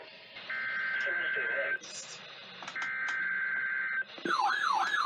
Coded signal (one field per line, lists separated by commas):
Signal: Emergency Alert System (SAME) tones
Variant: header bursts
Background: speech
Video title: NOAA Weather Radio Weekly Tests (EAS #1289-1292)